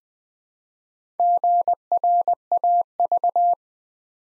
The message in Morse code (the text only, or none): GRAV